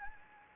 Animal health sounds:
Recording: mosquito wingbeat signal from an infrared sensor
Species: Anopheles gambiae

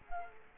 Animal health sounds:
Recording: mosquito wingbeat signal from an infrared sensor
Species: Culex quinquefasciatus

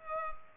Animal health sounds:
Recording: mosquito wingbeat signal from an infrared sensor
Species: Culex pipiens

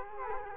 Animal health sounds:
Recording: mosquito wingbeat signal from an infrared sensor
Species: Culex quinquefasciatus

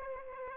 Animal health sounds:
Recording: mosquito wingbeat signal from an infrared sensor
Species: Aedes aegypti

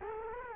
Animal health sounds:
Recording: mosquito wingbeat signal from an infrared sensor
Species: Culex quinquefasciatus

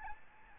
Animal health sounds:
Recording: mosquito wingbeat signal from an infrared sensor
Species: Aedes albopictus

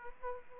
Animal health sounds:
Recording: mosquito wingbeat signal from an infrared sensor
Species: Aedes aegypti

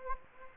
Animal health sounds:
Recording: mosquito wingbeat signal from an infrared sensor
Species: Anopheles gambiae

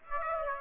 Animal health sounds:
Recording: mosquito wingbeat signal from an infrared sensor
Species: Aedes aegypti

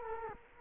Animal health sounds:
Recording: mosquito wingbeat signal from an infrared sensor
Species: Culex quinquefasciatus

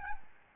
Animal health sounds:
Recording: mosquito wingbeat signal from an infrared sensor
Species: Aedes albopictus

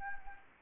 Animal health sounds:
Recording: mosquito wingbeat signal from an infrared sensor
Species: Anopheles gambiae

